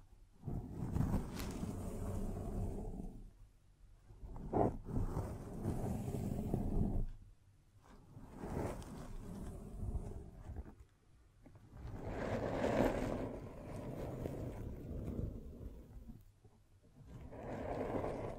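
Scratching and tracing sounds come in long, dense, rough strokes lasting a few seconds each, separated by short pauses near 3.5, 7, 11 and 16.5 seconds. The strokes are mostly low and grainy, with a few sharp taps standing out around 1, 4.5 and 12.5 seconds.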